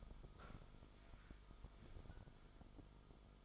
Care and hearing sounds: daily activity, microphone in the room; sit down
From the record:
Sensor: 5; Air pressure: 1005.2 hPa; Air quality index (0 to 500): 105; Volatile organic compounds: 2 ppm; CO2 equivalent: 1290 ppm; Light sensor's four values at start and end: 34/79/32/30 and 34/79/32/30

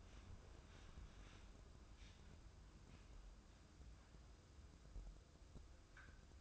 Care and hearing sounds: daily activity, microphone in the room; wipe stove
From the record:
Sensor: 2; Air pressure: 995.9 hPa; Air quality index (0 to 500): 89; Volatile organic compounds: 4 ppm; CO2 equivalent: 1634 ppm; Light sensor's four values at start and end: 22/73/28/26 and 22/73/28/26

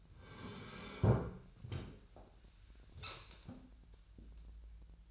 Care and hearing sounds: daily activity, microphone in the room; sit down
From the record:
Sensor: 2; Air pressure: 1001.7 hPa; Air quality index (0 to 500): 242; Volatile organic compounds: 76 ppm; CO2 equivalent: 3571 ppm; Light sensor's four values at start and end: 7/16/7/8 and 9/23/10/10

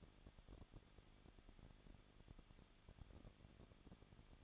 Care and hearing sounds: daily activity, microphone in the room; no activity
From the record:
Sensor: 4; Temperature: 23.1 degrees Celsius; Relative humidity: 34.3%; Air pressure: 1007.2 hPa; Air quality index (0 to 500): 215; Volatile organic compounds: 15 ppm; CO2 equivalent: 2490 ppm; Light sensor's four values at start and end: 2/3/1/1 and 2/3/1/1

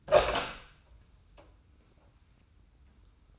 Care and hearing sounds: daily activity, microphone in the room; open door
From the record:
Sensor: 2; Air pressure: 990.3 hPa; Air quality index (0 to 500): 185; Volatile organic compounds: 1000 ppm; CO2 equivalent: 5898 ppm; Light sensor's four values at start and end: 35/81/33/33 and 34/80/33/33

